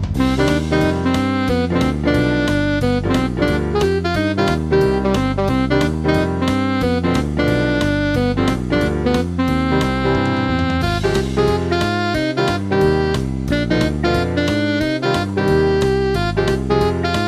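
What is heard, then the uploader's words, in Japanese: Musicians play on a lively night street with open pubs. Dense, steady band music fills the clip, with a quick regular beat, a deep bass line and bright chords on top. Around eleven seconds the sound turns brighter and crisper, and stays that way. オープンパブやミュージシャンの演奏で賑やかな、少し大人な夜のストリートをイメージして作りました。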